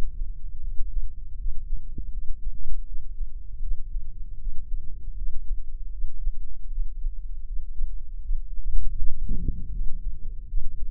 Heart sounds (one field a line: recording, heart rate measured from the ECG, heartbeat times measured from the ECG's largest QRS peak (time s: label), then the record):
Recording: heart sounds by microphone in the left ear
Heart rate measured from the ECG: 79 bpm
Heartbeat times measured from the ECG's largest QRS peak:
0.62 s: heartbeat
1.38 s: heartbeat
2.12 s: heartbeat
2.86 s: heartbeat
3.61 s: heartbeat
4.39 s: heartbeat
5.16 s: heartbeat
5.92 s: heartbeat
6.70 s: heartbeat
7.47 s: heartbeat
8.23 s: heartbeat
8.96 s: heartbeat
9.71 s: heartbeat
10.47 s: heartbeat
From the record:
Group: healthy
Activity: rest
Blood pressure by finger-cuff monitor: 106/70 mmHg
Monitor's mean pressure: 83 mmHg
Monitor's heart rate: 79 bpm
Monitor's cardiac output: 7.8 L/min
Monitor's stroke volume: 98 mL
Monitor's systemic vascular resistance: 780 dyn s/cm5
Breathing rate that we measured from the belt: 18 breaths a minute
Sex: male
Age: 57 years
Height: 188 cm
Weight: 106 kg